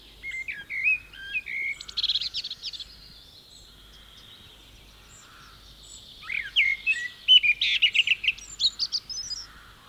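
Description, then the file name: Common blackbird song: two phrases of fluty, warbling whistles, each ending in a squeaky, twittering flourish, separated by a few seconds of quiet. "Common Blackbird (Turdus merula)"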